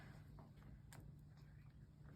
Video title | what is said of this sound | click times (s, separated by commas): Tracheotomy care skills lab | okay so now it's clicked | 0.9 s